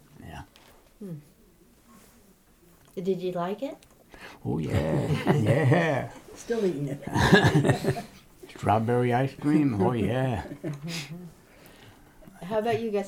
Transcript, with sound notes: Yeah.
Did you like it?
Oh, yeah. Yeah. (laughs)
Still eating it.
Strawberry ice cream, oh, yeah.
How about you Gus?